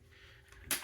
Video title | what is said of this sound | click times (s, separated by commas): First AR-15 Build! | push it slow and hear that click. | 0.7 s